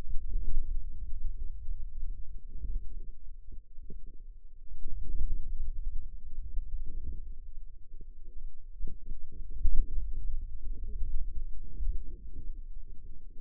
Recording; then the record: forearm muscle sounds (acoustic myography)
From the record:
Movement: hand closing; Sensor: system 2, bracelet of six BSWA MPA416 microphones around the upper forearm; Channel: 2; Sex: female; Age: 21 years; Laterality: right